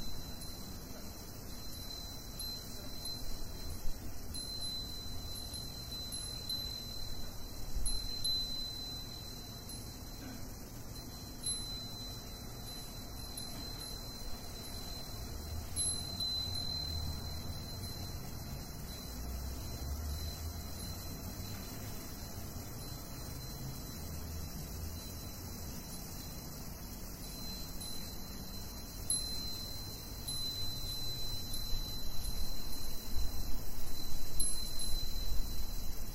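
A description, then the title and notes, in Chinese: Cicadas keep up a steady, high, thin drone through the whole recording, with faint glassy wind-chime tinkles flickering in and out above it. A low rumble of wind or traffic sits underneath and grows louder toward the end. 风铃蝉鸣声。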